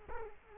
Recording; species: mosquito wingbeat signal from an infrared sensor; Culex quinquefasciatus